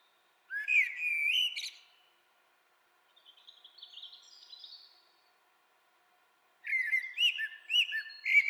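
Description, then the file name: Common blackbird singing a fluty rising phrase with a squeaky tail, then a soft scratchy twitter, silence, and another mellow whistled phrase with high twittering. "Turdus merula"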